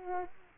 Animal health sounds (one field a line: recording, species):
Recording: mosquito wingbeat signal from an infrared sensor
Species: Culex quinquefasciatus